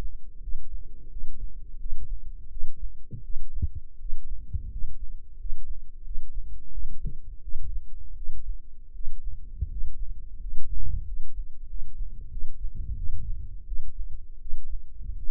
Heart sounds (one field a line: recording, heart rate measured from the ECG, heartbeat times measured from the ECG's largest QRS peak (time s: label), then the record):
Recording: heart sounds by microphone in the left ear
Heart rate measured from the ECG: 85 bpm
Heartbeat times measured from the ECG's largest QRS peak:
0.40 s: heartbeat
1.09 s: heartbeat
1.78 s: heartbeat
2.49 s: heartbeat
3.22 s: heartbeat
3.98 s: heartbeat
4.69 s: heartbeat
5.37 s: heartbeat
6.03 s: heartbeat
6.70 s: heartbeat
7.41 s: heartbeat
8.14 s: heartbeat
8.92 s: heartbeat
9.68 s: heartbeat
10.38 s: heartbeat
11.04 s: heartbeat
11.67 s: heartbeat
12.29 s: heartbeat
12.95 s: heartbeat
13.65 s: heartbeat
14.39 s: heartbeat
15.15 s: heartbeat
From the record:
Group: healthy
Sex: male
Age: 23 years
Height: 179 cm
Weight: 87 kg